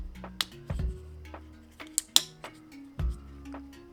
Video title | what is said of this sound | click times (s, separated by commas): Cardo PackTalk Edge | get a very positive click when you do that now that we actually have that on | 2.2 s